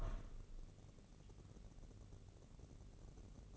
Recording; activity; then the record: daily activity, microphone in the room; open window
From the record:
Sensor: 4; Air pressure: 1013.2 hPa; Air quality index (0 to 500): 165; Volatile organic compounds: 2 ppm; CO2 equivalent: 1042 ppm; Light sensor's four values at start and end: 70/174/73/75 and 64/159/66/70